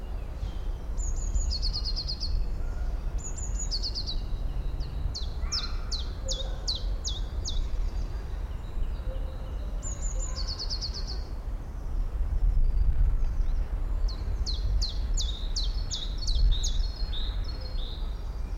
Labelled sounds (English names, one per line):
Common Chiffchaff